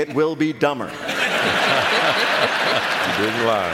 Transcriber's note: laughter